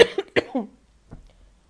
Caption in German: Ich habe Halsweh, das ist total arg. Ich huste. Und wenn ich huste, klingt das ungefähr so. Das war jetzt die Kurzversion. Normalerweise dauert es so, boah, 2, 3, 48 Minuten. Und auch so mit Blut und so. Ich habe Kopfweh. Ich habe natürlich eine verrotzte Nase.